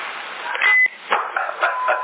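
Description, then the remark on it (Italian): A brief, steady high-pitched censor beep cuts in for about a quarter second, flat and even in loudness, set against muffled, band-limited background chatter and noise. “Lasciamo comune un bip, va.”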